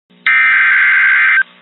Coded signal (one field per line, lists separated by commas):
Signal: Emergency Alert System (SAME) tones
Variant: header bursts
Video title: Severe thunderstorm warning EAS alert Kansas City